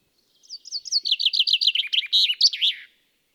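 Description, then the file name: Common chaffinch delivering one full song, a descending run of bright notes lasting under three seconds and ending in a flourish. "Fringilla coelebs"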